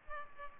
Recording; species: mosquito wingbeat signal from an infrared sensor; Culex pipiens